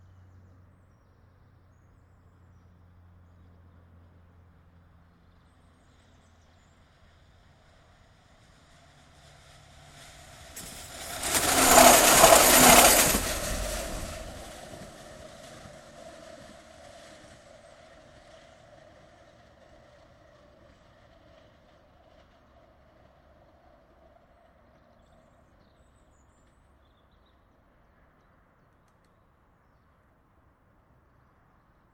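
A tram passes on a bridge, building from near silence to a loud, rushing roar that peaks around twelve seconds and cuts off sharply. A steady mid-pitched whine from the rails lingers and fades slowly over the following ten seconds, over a faint low rumble.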